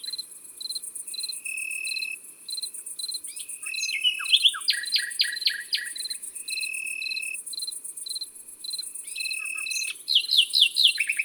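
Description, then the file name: Field cricket chirps repeated beneath a shrill insect drone, interrupted by quick sweeping notes in the middle and near the end. Recorded in the Drôme, France. "Grillon champetre Concerts Naturels de la Drome Studio les Trois Becs"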